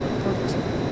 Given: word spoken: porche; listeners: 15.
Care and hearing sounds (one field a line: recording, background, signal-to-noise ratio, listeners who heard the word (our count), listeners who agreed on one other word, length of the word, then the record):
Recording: one Spanish word in noise, from a listening test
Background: speech-shaped noise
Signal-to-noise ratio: -7.0 dB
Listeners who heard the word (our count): 0 of 15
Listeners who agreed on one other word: 13 of 15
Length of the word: 0.52 s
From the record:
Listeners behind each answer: 13, 1, 1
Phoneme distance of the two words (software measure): 17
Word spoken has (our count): 2 syllables, 5 phonemes, stress on syllable 1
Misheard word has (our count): 2 syllables, 4 phonemes, stress on syllable 1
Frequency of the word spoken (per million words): 1.95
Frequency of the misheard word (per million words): 74.31